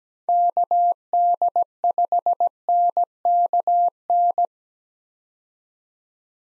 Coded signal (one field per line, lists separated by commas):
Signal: Morse code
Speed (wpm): 17 wpm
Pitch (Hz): 700 Hz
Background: none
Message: KD5NKN